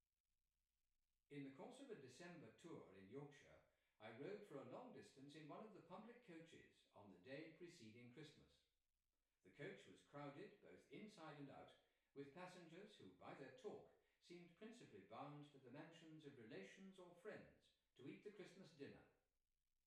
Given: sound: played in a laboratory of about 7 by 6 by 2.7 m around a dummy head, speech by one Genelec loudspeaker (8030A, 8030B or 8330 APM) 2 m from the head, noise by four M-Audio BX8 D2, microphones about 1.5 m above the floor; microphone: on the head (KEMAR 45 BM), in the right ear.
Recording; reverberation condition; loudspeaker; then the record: male speech in English; medium; 60 degrees to the left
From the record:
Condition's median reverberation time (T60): about 510 ms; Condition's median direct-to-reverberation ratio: about -0.5 dB